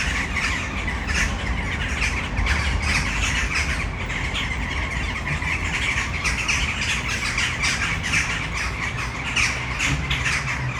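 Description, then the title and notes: Western jackdaws chattering as a crowd, many short, harsh calls overlapping continuously over a low rumble. A tree full of jackdaws at Malinovského square, Brno city centre, Czech Republic, recorded at sunset. "Malinovského nám. 571/1, 602 00 Brno-střed-Brno-město, Česko - Western jackdaws at sunset. A tree full of jackdaws in the city center of Brno"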